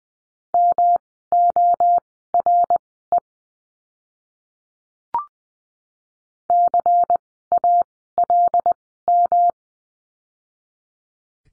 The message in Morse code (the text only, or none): MORE CALM